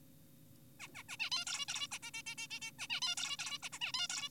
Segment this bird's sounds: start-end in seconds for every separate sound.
0.80-0.88, 0.95-1.03, 1.09-1.17, 1.20-1.30, 1.32-1.45, 1.47-1.66, 1.68-1.88, 1.92-1.98, 2.03-2.11, 2.14-2.22, 2.26-2.35, 2.38-2.48, 2.51-2.60, 2.62-2.72, 2.79-2.87, 2.90-3.00, 3.02-3.15, 3.18-3.37, 3.39-3.58, 3.63-3.69, 3.73-3.79, 3.81-3.92, 3.94-4.08, 4.10-4.29